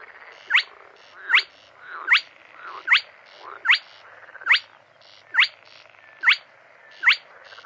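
Bird calls, a sharp rising chirp repeated about every 0.8 seconds, each with a fainter buzzy note before it, over steady low background hiss.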